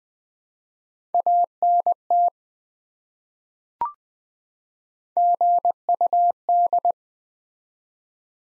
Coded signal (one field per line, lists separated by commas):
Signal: Morse code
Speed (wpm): 20 wpm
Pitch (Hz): 700 Hz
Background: none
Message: ANT GUD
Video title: Top 20 QSO Elements 20wpm